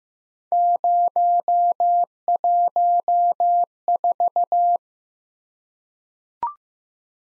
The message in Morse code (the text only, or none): 014